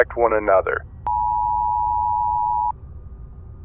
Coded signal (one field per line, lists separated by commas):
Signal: Emergency Alert System (SAME) tones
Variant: 853 and 960 Hz attention tone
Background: speech